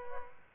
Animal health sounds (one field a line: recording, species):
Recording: mosquito wingbeat signal from an infrared sensor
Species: Aedes aegypti